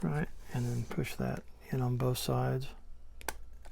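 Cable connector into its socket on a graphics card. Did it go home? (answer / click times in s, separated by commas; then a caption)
yes / 3.3 s. Someone talks while a cable connector is pushed in on both sides into its socket on an EVGA RTX 3090 Rev 1 graphics card during a copper heat plate installation. A sharp click is heard at 3.3 s, followed by a couple of faint ticks, as the connector seats.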